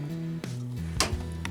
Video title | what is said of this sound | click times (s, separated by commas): My Friend's First Gaming PC - Build | Oh. There. Snapped into place. | 1.0 s